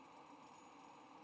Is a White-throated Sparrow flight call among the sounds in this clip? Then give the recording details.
no. No flight call is heard. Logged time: 09:39 on 20 November 2014